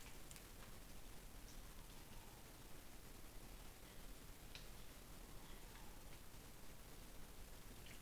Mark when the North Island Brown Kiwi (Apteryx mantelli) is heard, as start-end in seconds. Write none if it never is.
none